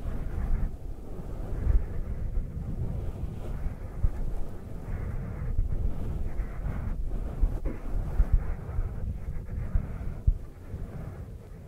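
Dry hands rub and brush together in a steady, dense, low rustle that runs for the whole twelve seconds with no real pauses. The texture is dull and muffled, with a few brief dips and sharper taps near 2, 3.5, 7.5, 8 and 10 seconds.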